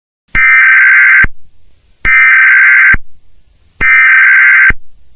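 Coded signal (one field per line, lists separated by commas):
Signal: Emergency Alert System (SAME) tones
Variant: header bursts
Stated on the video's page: Fictional EAS scenario.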